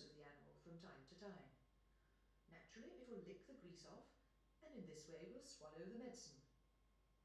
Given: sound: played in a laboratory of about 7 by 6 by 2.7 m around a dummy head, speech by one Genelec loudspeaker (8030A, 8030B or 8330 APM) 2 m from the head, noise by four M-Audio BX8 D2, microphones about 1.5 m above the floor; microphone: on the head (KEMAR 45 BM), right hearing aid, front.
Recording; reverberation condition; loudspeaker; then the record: female speech in English; medium; 120 degrees to the left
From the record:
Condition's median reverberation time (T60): about 510 ms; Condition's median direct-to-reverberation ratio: about -0.5 dB